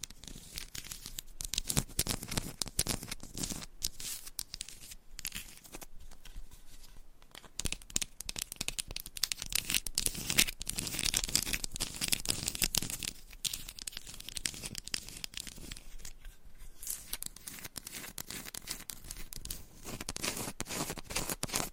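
Fingernails scratch and tap across a textured candle. Dense, dry scraping runs nearly without pause, bursting into brighter, rougher stretches around the middle and again near the end. Quick crisp taps and crinkly bursts are scattered throughout.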